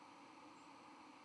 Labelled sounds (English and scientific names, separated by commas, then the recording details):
White-throated Sparrow (Zonotrichia albicollis) flight call
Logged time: 08:50 on 31 October 2014